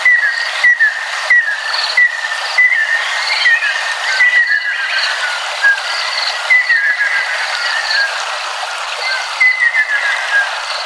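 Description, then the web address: Ruddy kingfisher song: whistled notes dropping in pitch, given in short runs with pauses between. Ryukyu subspecies. "sikioto birds ryukyuakasyobin"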